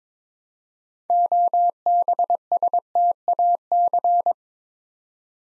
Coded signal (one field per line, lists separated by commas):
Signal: Morse code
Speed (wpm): 22 wpm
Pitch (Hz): 700 Hz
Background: none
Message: OBSTAC